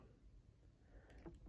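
A swap hand for a plastic S.H. MonsterArts Jet Jaguar 1973 action figure is pushed onto the wrist peg on the second try, over a low, steady background rumble. It clicks home with a short, sharp click at 1.1 s, followed by a few faint taps, and the hand is seated.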